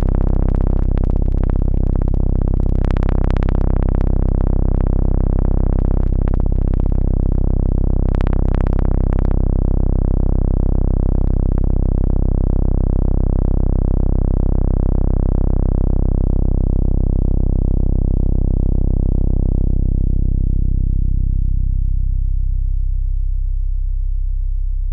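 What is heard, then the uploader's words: A thick, loud drone of tones with a strong low foundation holds steady throughout. During the first ten seconds, bright crackling bursts flicker over it. The top gradually dulls, and after about twenty seconds the sound darkens into a deep low hum. Tones generated by Analogue Solutions Red Square, Macbeth M3X and Akai MFC 42.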